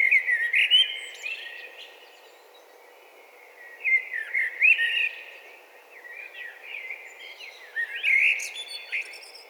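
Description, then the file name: Eurasian blackbird song in three separate bursts, each a fluty warble closing with high squeaky flourishes, with quiet gaps of steady hiss between. "Turdus merula"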